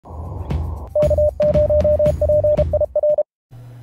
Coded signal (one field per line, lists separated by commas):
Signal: Morse code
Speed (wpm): 33 wpm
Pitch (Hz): 600 Hz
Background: none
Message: K0PIR